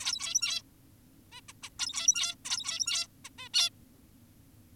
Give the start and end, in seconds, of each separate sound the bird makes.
0.00-0.62, 1.32-1.41, 1.49-1.53, 1.63-1.70, 1.79-2.35, 2.45-3.07, 3.25-3.30, 3.38-3.49, 3.54-3.70